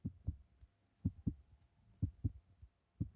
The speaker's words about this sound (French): J'aime le son du cœur.